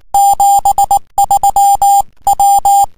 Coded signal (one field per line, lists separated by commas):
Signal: Morse code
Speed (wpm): 19 wpm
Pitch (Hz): 800 Hz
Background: music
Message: 73 W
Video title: HF-CW-28.017MHZ,18-10-2011,W4BP,W5MPC,K2OF,KG8P,W1CSM,KA1ERL.wmv